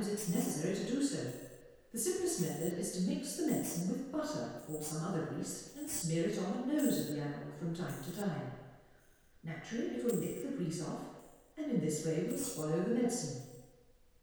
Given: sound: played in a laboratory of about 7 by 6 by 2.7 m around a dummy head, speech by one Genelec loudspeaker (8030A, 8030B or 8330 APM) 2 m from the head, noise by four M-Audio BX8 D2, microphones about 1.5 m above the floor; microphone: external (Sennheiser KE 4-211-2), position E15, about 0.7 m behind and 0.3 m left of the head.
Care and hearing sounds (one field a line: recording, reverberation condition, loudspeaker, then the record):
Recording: female speech in English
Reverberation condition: high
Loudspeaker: 30 degrees to the right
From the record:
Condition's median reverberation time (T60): about 1300 ms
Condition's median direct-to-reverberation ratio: about -4.0 dB